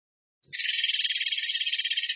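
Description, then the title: Bird song: after a brief silence, a long rapid pulsed trill starts and holds steady until the end. Masteran training recording of bird song in the tembakan gacor style. "Masteran Burung Tembakan Gacor"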